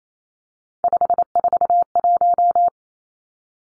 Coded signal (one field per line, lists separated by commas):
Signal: Morse code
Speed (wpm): 28 wpm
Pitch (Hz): 700 Hz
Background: none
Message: 541